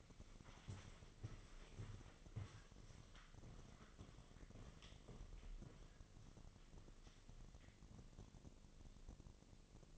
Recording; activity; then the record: daily activity, microphone in the room; walk to room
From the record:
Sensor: 4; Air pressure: 1000.3 hPa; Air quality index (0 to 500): 208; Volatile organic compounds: 20 ppm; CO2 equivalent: 2686 ppm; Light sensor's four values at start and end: 9/20/8/8 and 9/21/8/8